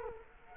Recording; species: mosquito wingbeat signal from an infrared sensor; Culex quinquefasciatus